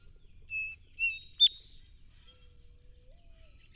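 Song sparrow singing, starting with a few pure whistles at two pitches, a rasping buzz, then a rapid series of about seven chip notes.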